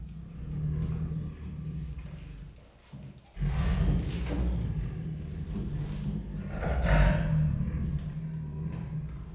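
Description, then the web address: Siberian tiger giving deep rasping growls and snorting breaths, a quiet pause near three seconds, then heavy rumbling. Growling and rasping while eating; recorded at Miskolc Zoo in 2018. "allathangok miskolcizoo 2018 professzionalis sziberiai tigris morogvahorogveesznek miskolczoo"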